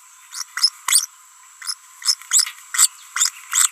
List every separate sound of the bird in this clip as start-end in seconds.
0.33-0.43, 0.57-0.69, 0.88-1.06, 1.62-1.73, 2.02-2.14, 2.31-2.50, 2.74-2.87, 3.16-3.29, 3.52-3.68